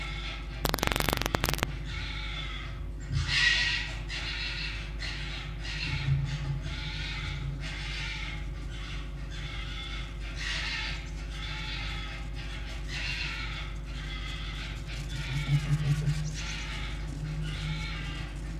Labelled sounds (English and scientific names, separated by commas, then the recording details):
Red Fox (Vulpes vulpes)
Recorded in captivity
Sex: group
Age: adult
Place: Zoologisches Institut der HUB, Berlin, DE
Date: 1956-02-22 15:25
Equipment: Elmetra
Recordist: Tembrock, Günter